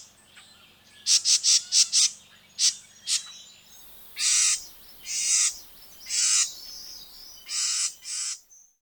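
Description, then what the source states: Bird calls, a series of sharp high notes followed by longer harsh, hissing notes, over faint background hum early on. A bird from abroad.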